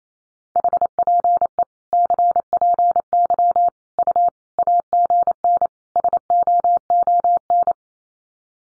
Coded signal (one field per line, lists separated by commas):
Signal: Morse code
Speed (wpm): 28 wpm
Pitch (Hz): 700 Hz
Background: none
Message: HPE CPY U AGN SOON